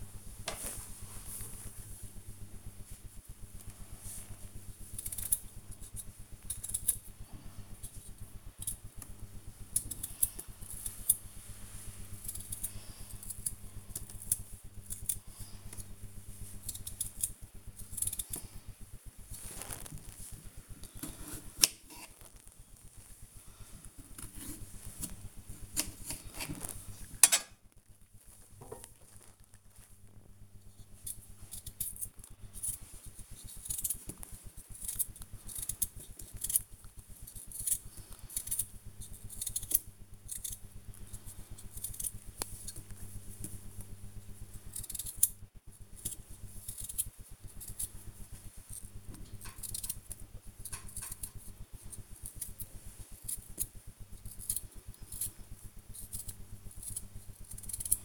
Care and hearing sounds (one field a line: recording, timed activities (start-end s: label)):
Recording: household activities, microphone on the right wrist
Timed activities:
0.62-58.05 s: cutting vegetables